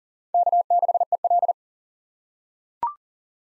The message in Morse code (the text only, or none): K6EL